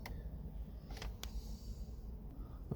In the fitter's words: okay so it clicks right in and now as you can see i'm pushing and it's working